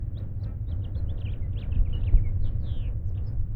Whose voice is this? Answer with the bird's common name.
House Finch